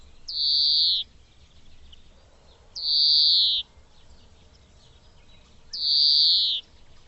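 Bird calling: three long, high, slightly descending whistles, each nearly a second long and spaced a few seconds apart.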